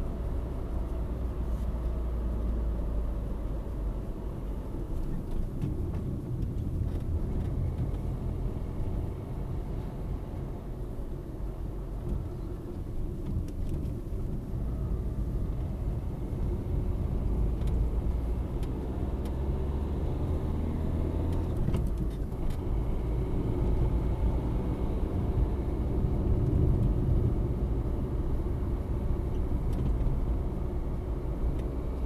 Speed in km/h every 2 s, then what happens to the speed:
63, 55, 41, 33, 34, 35, 32, 26, 27, 33, 41, 43, 49, 50, 50, 48.
0-5 brakes to 33. 5-10 steady at about 34. 10-14 slows to 26. 16-24 speeds up to 49. 24-32 steady at about 49.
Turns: none.